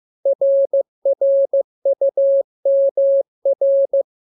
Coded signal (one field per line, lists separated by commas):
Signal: Morse code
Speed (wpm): 15 wpm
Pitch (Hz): 550 Hz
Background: none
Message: RRUMR